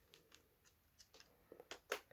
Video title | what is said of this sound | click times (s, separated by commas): Items To Unbox #6 | And the trick is line up the red dots, twist, hear a click, | 1.9 s